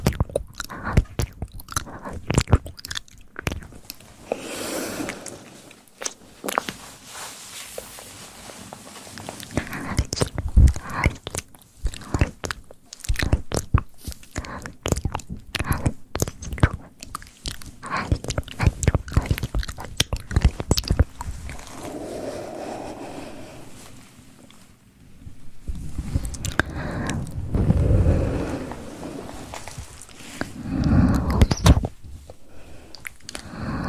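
Wet mouth sounds and dense tapping clicks fill the clip, with muffled thumping mic pumping and low swells around 27 and 31 seconds.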